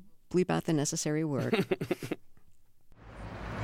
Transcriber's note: laughter